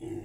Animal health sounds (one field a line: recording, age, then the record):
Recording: pig call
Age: weaner (32 to 43 days)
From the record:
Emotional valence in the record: positive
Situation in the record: positive conditioning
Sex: female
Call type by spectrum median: low-frequency call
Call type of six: low-frequency stable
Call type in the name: low-frequency stable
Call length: 0.26 s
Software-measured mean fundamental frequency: 53 Hz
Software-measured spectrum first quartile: 223 Hz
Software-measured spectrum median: 328 Hz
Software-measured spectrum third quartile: 438 Hz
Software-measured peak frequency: 339 Hz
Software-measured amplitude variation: 190 dB a second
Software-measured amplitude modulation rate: 21.6 a second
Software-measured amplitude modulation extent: 8.8 dB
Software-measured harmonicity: 4.5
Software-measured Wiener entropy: -0.01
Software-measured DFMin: 836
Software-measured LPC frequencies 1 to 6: 344, 2021, 2783, 3326, 4709, 5586 Hz